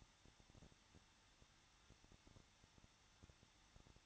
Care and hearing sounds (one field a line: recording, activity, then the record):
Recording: daily activity, microphone in the room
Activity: no activity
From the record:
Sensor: 3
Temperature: 21.2 degrees Celsius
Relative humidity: 36.3%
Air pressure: 1006.3 hPa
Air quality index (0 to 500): 222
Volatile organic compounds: 42 ppm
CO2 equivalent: 3176 ppm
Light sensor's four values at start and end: 2/3/2/2 and 2/3/2/2